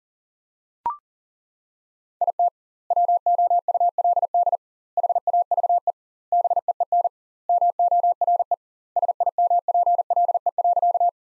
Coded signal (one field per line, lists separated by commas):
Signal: Morse code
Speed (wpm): 40 wpm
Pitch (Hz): 700 Hz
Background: none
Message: IT WOULD HAVE BEEN MORE SIMPLE.